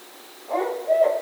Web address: Barred Owl 2010 11 19 Barred Owl